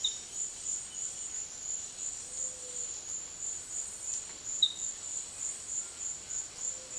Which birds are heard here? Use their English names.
none